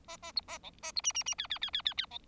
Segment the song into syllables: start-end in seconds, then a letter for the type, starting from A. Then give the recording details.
0.08-0.17 A, 0.22-0.32 A, 0.36-0.41 B, 0.48-0.58 A, 0.63-0.70 C, 0.82-0.92 A, 0.96-1.01 B, 1.04-1.12 D, 1.14-1.23 D, 1.26-1.35 D, 1.38-1.47 E, 1.50-1.59 E, 1.61-1.70 E, 1.73-1.82 E, 1.85-1.94 E, 1.97-2.06 E, 2.10-2.18 C. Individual Bird4